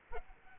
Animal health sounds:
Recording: mosquito wingbeat signal from an infrared sensor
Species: Aedes aegypti

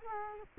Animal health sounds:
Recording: mosquito wingbeat signal from an infrared sensor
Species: Culex quinquefasciatus

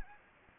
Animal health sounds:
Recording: mosquito wingbeat signal from an infrared sensor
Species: Anopheles gambiae

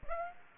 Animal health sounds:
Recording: mosquito wingbeat signal from an infrared sensor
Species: Aedes aegypti

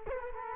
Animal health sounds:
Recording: mosquito wingbeat signal from an infrared sensor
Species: Culex quinquefasciatus

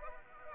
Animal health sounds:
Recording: mosquito wingbeat signal from an infrared sensor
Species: Anopheles arabiensis

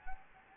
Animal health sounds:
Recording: mosquito wingbeat signal from an infrared sensor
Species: Anopheles gambiae

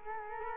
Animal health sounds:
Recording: mosquito wingbeat signal from an infrared sensor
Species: Culex quinquefasciatus

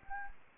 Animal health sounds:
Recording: mosquito wingbeat signal from an infrared sensor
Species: Anopheles gambiae

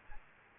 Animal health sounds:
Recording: mosquito wingbeat signal from an infrared sensor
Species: Aedes albopictus

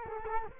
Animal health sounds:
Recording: mosquito wingbeat signal from an infrared sensor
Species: Culex quinquefasciatus

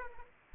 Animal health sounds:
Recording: mosquito wingbeat signal from an infrared sensor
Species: Aedes aegypti

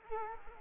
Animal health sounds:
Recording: mosquito wingbeat signal from an infrared sensor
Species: Culex quinquefasciatus

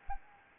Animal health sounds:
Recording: mosquito wingbeat signal from an infrared sensor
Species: Anopheles gambiae

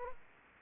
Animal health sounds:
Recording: mosquito wingbeat signal from an infrared sensor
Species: Culex quinquefasciatus

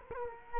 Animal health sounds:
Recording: mosquito wingbeat signal from an infrared sensor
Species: Culex quinquefasciatus

